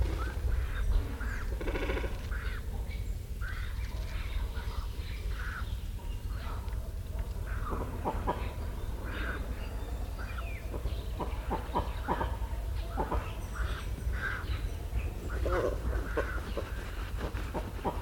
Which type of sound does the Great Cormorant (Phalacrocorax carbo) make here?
call